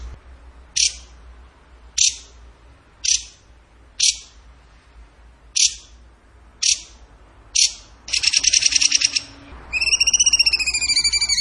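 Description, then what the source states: Bird giving sharp, sweeping chip notes roughly once a second, then a short rapid trill and a run of ringing, wavering whistled notes. Bird song in the gacor tembakan style, for masteran (training).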